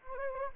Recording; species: mosquito wingbeat signal from an infrared sensor; Anopheles gambiae